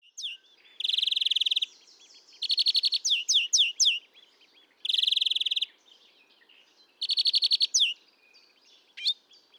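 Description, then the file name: European greenfinch song: dense buzzing trills alternating with bursts of sharp rising chirps, repeated several times in quick succession. "Chloris chloris"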